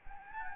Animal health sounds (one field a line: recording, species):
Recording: mosquito wingbeat signal from an infrared sensor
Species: Anopheles gambiae